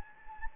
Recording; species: mosquito wingbeat signal from an infrared sensor; Anopheles gambiae